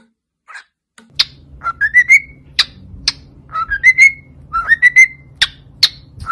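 Cockatiel whistling: rising whistled phrases repeated several times, mixed with sharp clicks and a low steady hum underneath.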